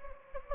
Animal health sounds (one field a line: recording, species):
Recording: mosquito wingbeat signal from an infrared sensor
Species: Anopheles gambiae